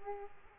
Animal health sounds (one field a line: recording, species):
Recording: mosquito wingbeat signal from an infrared sensor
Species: Aedes aegypti